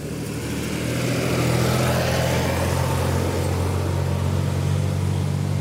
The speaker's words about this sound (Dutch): En wat voor geluid hoor je nu? Dat is voor mij heel irritant, dit. Ja, dit is een heftige tractor. Woe, die komt hier naartoe, volgens mij. Allemachtig.